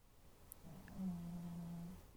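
A single drawn-out, low-pitched droning snore lasts about a second, heard faintly against a quiet room. It comes from a sleeping pug; pugs have weird snores when they sleep.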